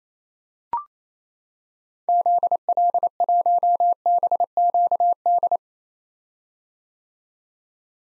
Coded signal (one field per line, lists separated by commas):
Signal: Morse code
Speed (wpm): 27 wpm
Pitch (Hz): 700 Hz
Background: none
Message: ZL1BQD